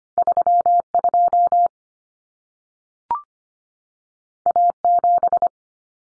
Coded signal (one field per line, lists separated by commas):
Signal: Morse code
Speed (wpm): 25 wpm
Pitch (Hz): 700 Hz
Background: none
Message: 32 A7